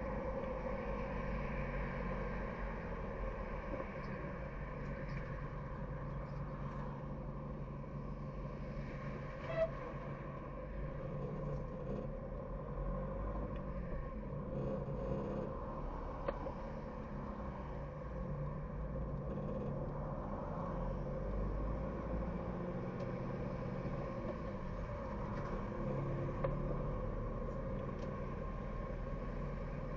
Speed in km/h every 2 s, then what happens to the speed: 54, 45, 34, 18, 5, 3, 9, 11, 15, 13, 16, 23, 24, 23, 26.
0-8 brakes to 5. 11-15 speeds up to 15. 19-22 speeds up to 23. 22-30 steady at about 23.